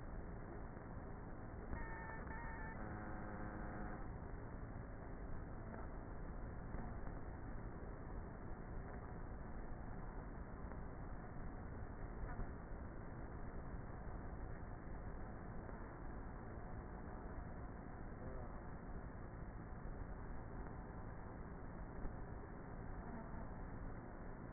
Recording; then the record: honeybee colony, microphone inside the hive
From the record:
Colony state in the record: queenless with a low population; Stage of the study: before two queens were removed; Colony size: about 30,000 bees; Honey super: no